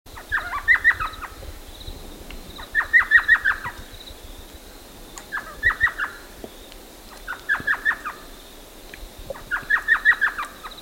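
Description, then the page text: Thrush nightingale song: bursts of rapid, knocking clicked notes repeated about every two seconds, with a faint steady high hum throughout. "Утренние голоса - Соловей обыкновенный (восточный)|соловей"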